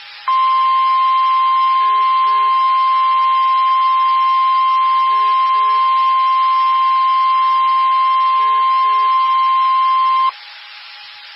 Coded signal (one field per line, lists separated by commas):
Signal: Emergency Alert System (SAME) tones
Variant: 1050 Hz attention tone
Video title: Severe T-Storm Warning EAS #5) 5/18/13